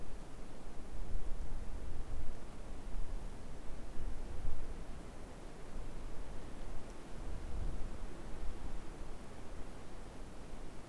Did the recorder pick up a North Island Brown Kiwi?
no